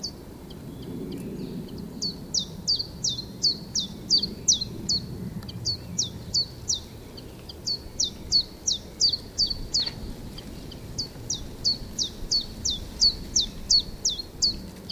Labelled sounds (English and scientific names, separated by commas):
Common Chiffchaff (Phylloscopus collybita) song